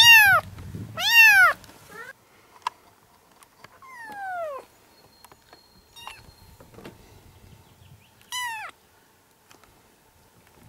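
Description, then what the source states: Cat: kittens meowing, a pair of loud arching mews at the start, then scattered softer falling mews and a loud one near eight seconds. Several kittens meowing.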